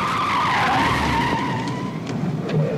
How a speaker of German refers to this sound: Ich trat auf die Bremse.